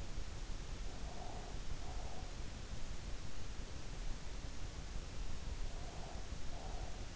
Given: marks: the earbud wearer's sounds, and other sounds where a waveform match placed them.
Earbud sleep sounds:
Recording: sounds in sleep by an in-ear microphone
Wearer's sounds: breath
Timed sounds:
1.02-2.35 s: breath
5.67-7.09 s: breath

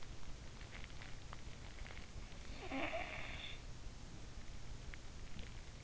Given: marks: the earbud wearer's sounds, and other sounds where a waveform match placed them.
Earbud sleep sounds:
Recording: sounds in sleep by an in-ear microphone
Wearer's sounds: snoring breath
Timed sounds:
1.81-4.27 s: snoring breath

